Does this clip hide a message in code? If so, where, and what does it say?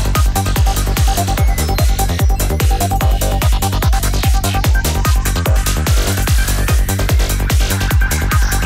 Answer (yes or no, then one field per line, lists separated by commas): no